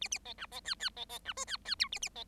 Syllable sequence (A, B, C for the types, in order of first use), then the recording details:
A A B C B D D B B C E D D F A A B. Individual Bird7